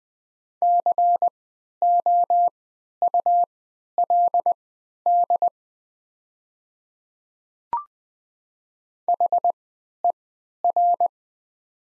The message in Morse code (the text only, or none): COULD HER